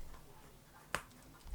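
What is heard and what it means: A piece on a finished diamond painting's frame or holder that was not properly engaged is pushed back into place. It gives a single sharp snap at 0.95 s over a quiet background and seats back in place. No one talks during the clip.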